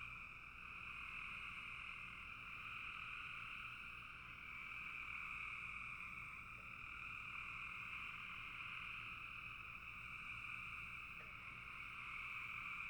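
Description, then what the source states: Frogs calling in a dense, continuous chorus, a steady high trilling drone in two bands. Frogs calling in a bog.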